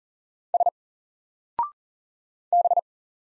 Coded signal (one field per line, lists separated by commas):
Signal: Morse code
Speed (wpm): 40 wpm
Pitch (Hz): 700 Hz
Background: none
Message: S B